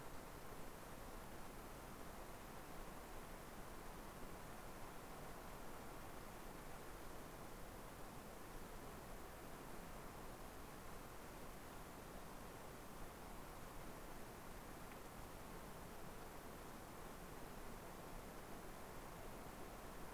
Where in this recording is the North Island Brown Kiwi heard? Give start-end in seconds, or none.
none